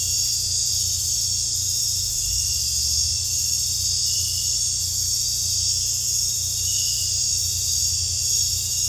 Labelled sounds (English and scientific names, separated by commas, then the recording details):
none
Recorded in dense forest near Puerto Asís, Putumayo, Colombia, on 18 December 2024 at 19:30
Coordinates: 0.467, -76.328
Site GP05